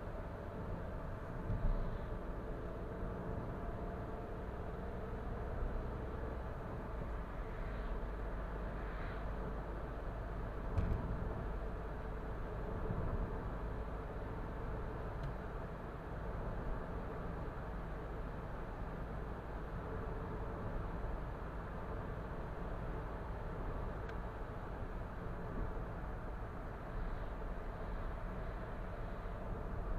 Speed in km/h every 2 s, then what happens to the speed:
61, 64, 68, 69, 70, 71, 73, 74, 74, 74, 74, 74, 74, 69, 66.
0-13 speeds up to 74. 13-25 steady at about 74. 25-30 slows to 66.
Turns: none.